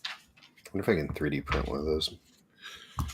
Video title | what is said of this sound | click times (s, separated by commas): The Game Chat - Origins 2025 Recap | Clicks back into place. | 0.1 s